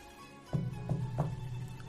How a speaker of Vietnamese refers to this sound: Lại là một tiếng gõ cửa nữa vang lên.